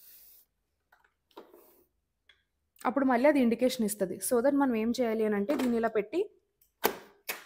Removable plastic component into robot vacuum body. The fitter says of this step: ఇలా click sound వచ్చే వరకు వెయిట్ చేయాలి.